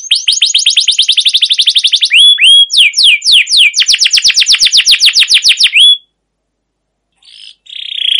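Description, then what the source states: Canary singing fast rolling trills and rising slurred whistles for six seconds, then a brief silence before faint buzzy notes return. Canary with a long rolling 'ngerol' gacor song and 'cuit cuit' notes, used as a lure and master song to train or provoke other canaries to sing.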